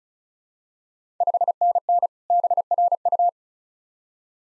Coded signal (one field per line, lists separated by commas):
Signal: Morse code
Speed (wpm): 36 wpm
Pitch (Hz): 700 Hz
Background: none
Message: 5NN BRU